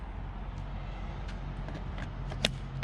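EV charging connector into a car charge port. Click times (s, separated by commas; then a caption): 2.5 s. A Level 2 charger's connector is pushed into the charge port of a Chevy Bolt EV over a low, steady background rumble, with a faint tick at about 2.0 s. A sharp, bright click at 2.5 s marks it seating, followed by another short knock at 2.8 s. The charging light comes on, confirming the connector is seated.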